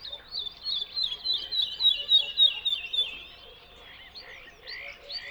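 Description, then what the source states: Bird song, a lively twittering phrase, then softer chirps after a pause. Song delivered from a tree in the Spanish dehesas.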